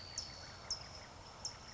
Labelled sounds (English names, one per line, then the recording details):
California Towhee
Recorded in Sonoma County, California